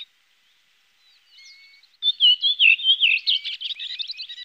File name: koperwiek redwing